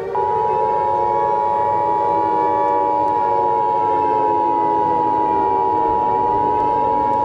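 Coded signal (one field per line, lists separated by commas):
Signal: Emergency Alert System (SAME) tones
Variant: 853 and 960 Hz attention tone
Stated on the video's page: Fictional EAS scenario about a nuclear weapons launch, not a real alert.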